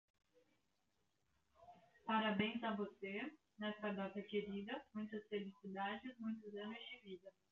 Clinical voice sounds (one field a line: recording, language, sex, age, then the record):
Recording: short text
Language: Brazilian Portuguese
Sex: female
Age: 20 to 29 years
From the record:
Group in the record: control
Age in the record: 25 years